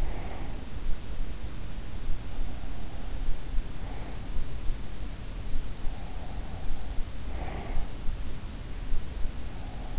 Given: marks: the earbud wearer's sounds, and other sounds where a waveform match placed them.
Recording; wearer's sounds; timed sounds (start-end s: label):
sounds in sleep by an in-ear microphone; breath
0.00-0.51 s: breath
7.28-7.86 s: breath